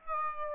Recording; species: mosquito wingbeat signal from an infrared sensor; Aedes albopictus